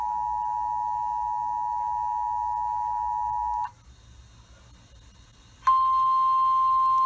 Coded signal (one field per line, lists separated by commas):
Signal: Emergency Alert System (SAME) tones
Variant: 853 and 960 Hz attention tone